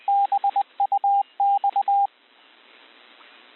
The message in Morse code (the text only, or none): BUX